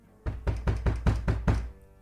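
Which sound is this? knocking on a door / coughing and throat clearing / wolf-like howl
knocking on a door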